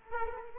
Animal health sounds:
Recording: mosquito wingbeat signal from an infrared sensor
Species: Culex quinquefasciatus

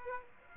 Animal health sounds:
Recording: mosquito wingbeat signal from an infrared sensor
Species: Aedes aegypti

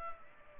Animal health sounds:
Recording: mosquito wingbeat signal from an infrared sensor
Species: Culex pipiens

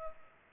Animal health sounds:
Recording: mosquito wingbeat signal from an infrared sensor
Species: Culex pipiens

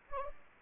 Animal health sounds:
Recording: mosquito wingbeat signal from an infrared sensor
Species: Anopheles gambiae

